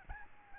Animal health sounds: mosquito wingbeat signal from an infrared sensor; Aedes albopictus

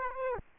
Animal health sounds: mosquito wingbeat signal from an infrared sensor; Aedes aegypti

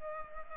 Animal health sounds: mosquito wingbeat signal from an infrared sensor; Culex pipiens

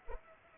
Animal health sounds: mosquito wingbeat signal from an infrared sensor; Anopheles arabiensis

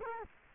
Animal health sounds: mosquito wingbeat signal from an infrared sensor; Culex quinquefasciatus

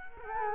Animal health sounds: mosquito wingbeat signal from an infrared sensor; Culex quinquefasciatus

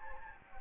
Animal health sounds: mosquito wingbeat signal from an infrared sensor; Anopheles gambiae

